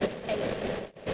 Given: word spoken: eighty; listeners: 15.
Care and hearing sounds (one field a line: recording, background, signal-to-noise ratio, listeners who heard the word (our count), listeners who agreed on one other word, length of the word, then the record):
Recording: one English word in noise, from a listening test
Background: noise modulated by three-talker babble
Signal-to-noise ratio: -6.1 dB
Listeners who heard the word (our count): 3 of 15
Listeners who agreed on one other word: 8 of 15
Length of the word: 0.74 s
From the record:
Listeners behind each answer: 8, 3, 1, 1, 1, 1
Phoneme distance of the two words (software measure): 17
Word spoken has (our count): 2 syllables, 3 phonemes, stress on syllable 1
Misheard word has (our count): 1 syllable, 2 phonemes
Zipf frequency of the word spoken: 2.78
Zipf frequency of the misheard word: 4.20